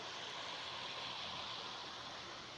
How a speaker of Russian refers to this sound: Ух, хорошенько он обдал. Тут прям порог образовался, как на горной реке. Офигеть.